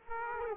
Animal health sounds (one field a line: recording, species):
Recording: mosquito wingbeat signal from an infrared sensor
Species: Aedes aegypti